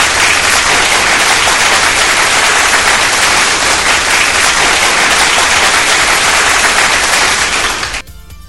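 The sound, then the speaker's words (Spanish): A loud, dense burst of applause, many hands clapping rapidly in a steady roar for about eight seconds before cutting off abruptly; no one speaks. “Ah, qué bonito, un aplauso.”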